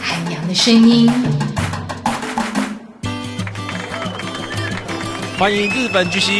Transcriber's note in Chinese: 歡呼鼓掌聲